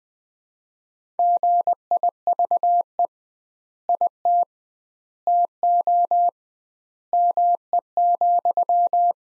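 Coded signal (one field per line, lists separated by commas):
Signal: Morse code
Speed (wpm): 21 wpm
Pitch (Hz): 700 Hz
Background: none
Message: GIVE IT TO ME,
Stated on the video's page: Morse practice of sentences from the top 200 words at 20 wpm with 2x word spacing, a method analogous to Farnsworth.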